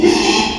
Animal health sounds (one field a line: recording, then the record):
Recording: squeal of a Yucatan mini pig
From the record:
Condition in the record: after surgery on the right vocal fold (resection and tissue-engineered implant)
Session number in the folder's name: 2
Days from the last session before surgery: 13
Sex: male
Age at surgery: 12 weeks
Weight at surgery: 13 kg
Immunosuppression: cyclosporine, prednisolone